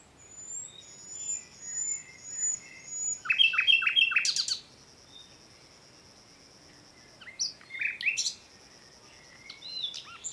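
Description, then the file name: Common nightingale song: rich varied phrases with whistled notes, a rapid series of rising sweeps, then sharp chattering bursts after a pause; a faint high insect-like hum comes and goes. "Luscinia megarhynchos"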